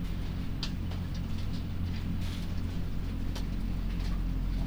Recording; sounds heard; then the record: poultry house recording; healthy chickens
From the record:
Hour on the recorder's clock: 21